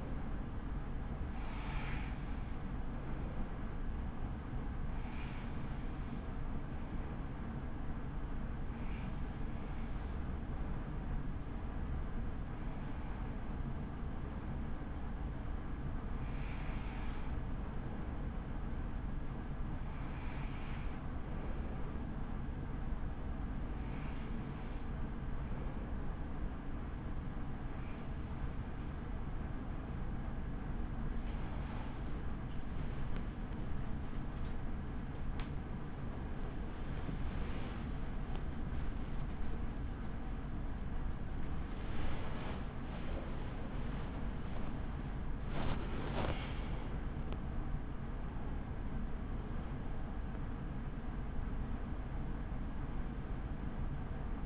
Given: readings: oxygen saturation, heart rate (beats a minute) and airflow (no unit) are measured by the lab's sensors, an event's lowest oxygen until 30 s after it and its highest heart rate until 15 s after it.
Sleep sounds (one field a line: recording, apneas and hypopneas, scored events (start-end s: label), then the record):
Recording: breathing in sleep by a smartphone at the bedside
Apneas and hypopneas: 1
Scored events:
3.00-36.90 s: hypopnea (N1, oxygen 96% highest, then 96% lowest, heart rate 55 at the start, 79 highest)
11.00-41.00 s: new sleep stage, N2 (light sleep)
41.00-54.45 s: new sleep stage, N1 (lightest sleep)
From the record:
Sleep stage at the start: N1 (lightest sleep)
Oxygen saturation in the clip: 94 to 97%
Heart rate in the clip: 45 to 79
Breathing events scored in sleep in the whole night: 83 in 6.1 hours asleep